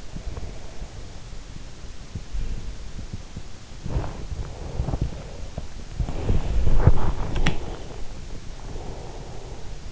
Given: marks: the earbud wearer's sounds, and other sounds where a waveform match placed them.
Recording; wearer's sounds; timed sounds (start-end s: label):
sounds in sleep by an in-ear microphone; breath, body movement
0.00-1.62 s: breath
2.03-3.22 s: sound from someone else or the room
3.77-8.29 s: body movement
4.26-5.66 s: breath
7.18-9.85 s: breath